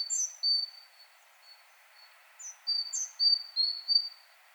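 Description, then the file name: Great tit calls come in two loose groups, each opening with a higher chip followed by longer, level high notes, with quiet gaps between. "Parus major"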